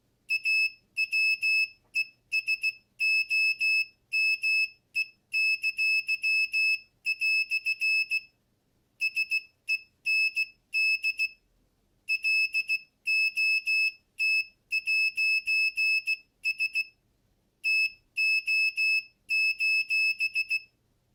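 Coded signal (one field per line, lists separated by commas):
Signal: Morse code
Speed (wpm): 16 wpm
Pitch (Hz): 2600 Hz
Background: none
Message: AWESOME!" SEND LOT'S TO:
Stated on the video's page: Morse code generated by an active buzzer driven by an Arduino UNO from an Elegoo starter kit.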